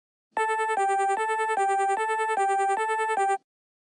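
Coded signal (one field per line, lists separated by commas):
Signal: none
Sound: music notes in a song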